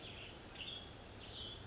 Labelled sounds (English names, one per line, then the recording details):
Western Tanager
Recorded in Sonoma County, California